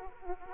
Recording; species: mosquito wingbeat signal from an infrared sensor; Aedes aegypti